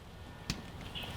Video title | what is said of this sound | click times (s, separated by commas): How To Change Spark Plug Wires On A C5 Corvette - Fastest & Easiest Way | there it is you hear that little snap you got a little snap out of it make sure she tight | 0.5 s